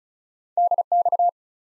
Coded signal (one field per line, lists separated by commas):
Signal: Morse code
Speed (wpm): 36 wpm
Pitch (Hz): 700 Hz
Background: none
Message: DX